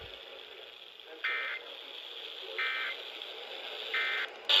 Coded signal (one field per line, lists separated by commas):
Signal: Emergency Alert System (SAME) tones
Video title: OPHELIA TURNS GREEN LIKE A FLOOD (9/23/23) (EAS #850 - 855)